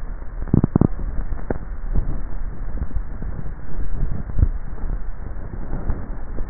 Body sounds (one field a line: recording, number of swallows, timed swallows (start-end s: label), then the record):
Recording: swallowing sounds by neck microphone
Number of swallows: 1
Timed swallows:
3.68-4.42 s: swallow
From the record:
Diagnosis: dysphagia